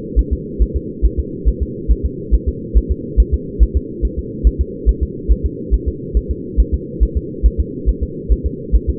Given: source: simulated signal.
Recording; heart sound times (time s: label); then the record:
fetal heart sounds
0.19 s: S1
0.33 s: S2
0.62 s: S1
0.76 s: S2
1.05 s: S1
1.20 s: S2
1.48 s: S1
1.62 s: S2
1.91 s: S1
2.06 s: S2
2.34 s: S1
2.49 s: S2
2.77 s: S1
2.91 s: S2
3.20 s: S1
3.34 s: S2
3.63 s: S1
3.77 s: S2
4.05 s: S1
4.19 s: S2
4.47 s: S1
4.61 s: S2
4.89 s: S1
5.03 s: S2
5.32 s: S1
5.46 s: S2
5.74 s: S1
5.88 s: S2
6.17 s: S1
6.31 s: S2
6.60 s: S1
6.74 s: S2
7.03 s: S1
7.17 s: S2
7.46 s: S1
7.60 s: S2
7.89 s: S1
8.03 s: S2
8.32 s: S1
8.46 s: S2
8.75 s: S1
8.90 s: S2
From the record:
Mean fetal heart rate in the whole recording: 140 bpm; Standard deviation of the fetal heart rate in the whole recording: 2 bpm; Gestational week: 34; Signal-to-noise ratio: -4.1 dB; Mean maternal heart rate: no maternal heart sound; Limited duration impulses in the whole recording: absent